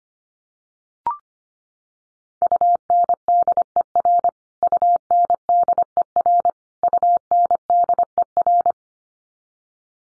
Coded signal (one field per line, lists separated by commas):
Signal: Morse code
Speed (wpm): 25 wpm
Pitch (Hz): 700 Hz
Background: none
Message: UNDER UNDER UNDER